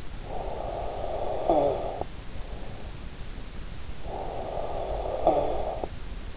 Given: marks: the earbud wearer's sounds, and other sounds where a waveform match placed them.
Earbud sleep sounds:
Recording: sounds in sleep by an in-ear microphone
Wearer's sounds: snoring breath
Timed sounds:
0.06-2.63 s: snoring breath
3.70-6.37 s: snoring breath

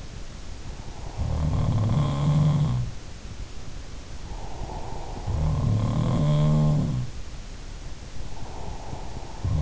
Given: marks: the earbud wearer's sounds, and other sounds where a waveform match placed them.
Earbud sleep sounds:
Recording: sounds in sleep by an in-ear microphone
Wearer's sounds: breath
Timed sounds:
0.68-1.68 s: breath
1.16-3.12 s: sound from someone else or the room
4.05-5.68 s: breath
5.12-7.27 s: sound from someone else or the room
8.09-9.62 s: breath

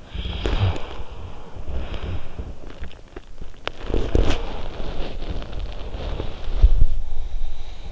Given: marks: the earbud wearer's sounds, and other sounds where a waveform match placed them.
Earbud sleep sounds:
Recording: sounds in sleep by an in-ear microphone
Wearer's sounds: breath, body movement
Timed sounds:
0.00-2.88 s: breath
3.22-7.34 s: body movement

